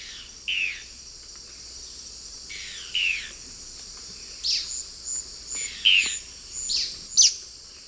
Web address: Natures Songs S America Eastern Lowlands. Thamnomanes ardesiacus, group calls